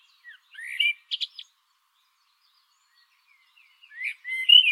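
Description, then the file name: Eurasian blackbird singing two phrases, each a fluted warble followed by a high, squeaky twittering flourish, with a pause between them. "Turdus merula"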